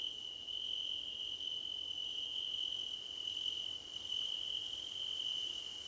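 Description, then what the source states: Crickets chirping in a dense chorus, a steady high-pitched ringing trill that runs without pause, with faint higher overtones above it. Crickets in a choir competition.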